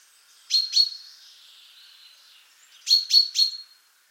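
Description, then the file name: Common chaffinch calls: a pair of sharp, high chirps, then a pause, then a quick run of three more. "Fringilla coelebs"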